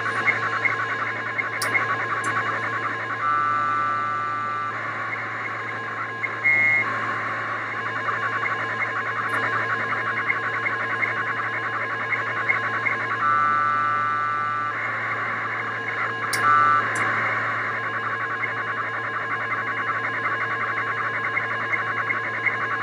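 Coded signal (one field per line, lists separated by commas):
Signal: packet radio (AX.25, as in APRS)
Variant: 1200 baud AFSK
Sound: long raspy two-tone warbling data bursts, briefly broken by steady tones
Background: radio hiss, low hum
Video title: Qtmm soundcard modem receiving AO-27 telemetry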